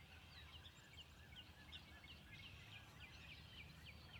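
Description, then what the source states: Spring peepers calling, many short high peeps in quick succession over a steady low background rumble. Recorded 2021-04-06.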